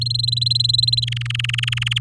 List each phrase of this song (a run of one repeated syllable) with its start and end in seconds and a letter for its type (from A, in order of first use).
0.01-1.04 A, 1.07-1.98 B